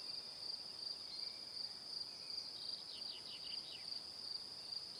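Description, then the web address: Crickets giving a shrill regular chirp, about three per second, joined in the middle by a quick series of falling high notes. Crickets in the evening. "calm calmplus sounds Calm - Evening Crickets"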